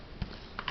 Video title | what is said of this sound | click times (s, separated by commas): Les scalpels de précisions | il se clipse dans la boîte donc | 0.6 s